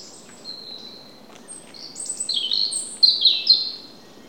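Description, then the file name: European robin with a faint thin whistled start building into a lively jumble of high, varied, tinkling notes that leap between pitches, with steady low background noise. "Erithacus rubecula"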